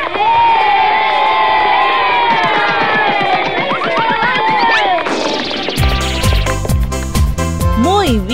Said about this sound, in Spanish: Muy bien para todos aquellos que lo pudieron resolver. Acá van nuestros aplausos para todos ellos.